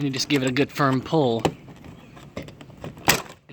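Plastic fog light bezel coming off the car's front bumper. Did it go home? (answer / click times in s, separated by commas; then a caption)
released / 3.1 s. A plastic fog light bezel on the front bumper of a 2017 Ford Fusion is pulled off with a firm pull while someone talks. After a few small clicks and rustles, its retaining tabs let go with a sharp pop at 3.1 s, and the bezel comes free.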